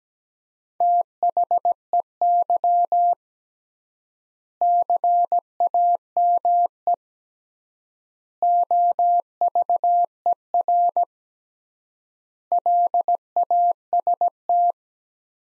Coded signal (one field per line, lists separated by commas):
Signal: Morse code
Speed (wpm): 17 wpm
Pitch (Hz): 700 Hz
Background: none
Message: THEY CAME OVER LAST